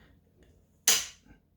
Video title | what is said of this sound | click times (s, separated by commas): NIU KQi 100F Unboxing and Detailed Overview | they click into place and then you can move the latch | 0.9 s